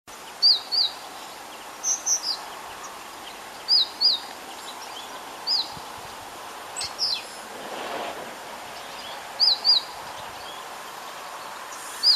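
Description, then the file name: Great tit calls: short, sharp high chirps in pairs and singles, scattered throughout over a steady hiss of outdoor background noise. "Parus major"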